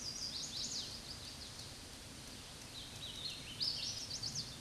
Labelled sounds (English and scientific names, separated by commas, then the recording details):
Hooded Warbler (Setophaga citrina) song
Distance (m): 50 m
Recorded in a Pennsylvania forest on 18 May 2023 at 10:16
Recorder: AudioMoth, point grid1_11_low
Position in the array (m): 228 m, 139 m